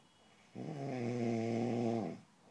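A single snore from an adult sleeper: a steady, tonal, buzzing sound with a low pitch, lasting about one and a half seconds, in a quiet room.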